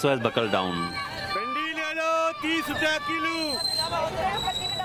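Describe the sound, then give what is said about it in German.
A busy roadside market in Chakrapur, India: a man loudly hawks his vegetables in long, sustained shouts over a constant wash of traffic and crowd chatter, while a boy next to him shouts as he sells Chinese plastic toys. “am Straßenrand in Chakrapur sein Gemüse an, versucht den Verkehrslärm und das Geschrei des Jungen, der nebenan chinesisches Plastikspielzeug verkauft, zu übertönen.”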